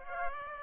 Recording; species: mosquito wingbeat signal from an infrared sensor; Aedes aegypti